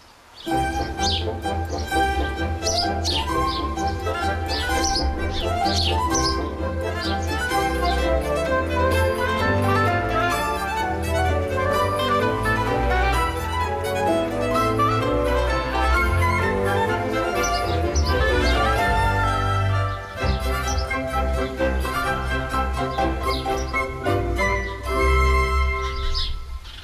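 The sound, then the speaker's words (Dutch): A busy flock of sparrows chirping and twittering nonstop, overlapping sharp high chirps forming a dense, lively chatter that stays loud and steady throughout. “Maar de mus viert het leven en doet dat op een hele gezellige manier met veel gekwetter.”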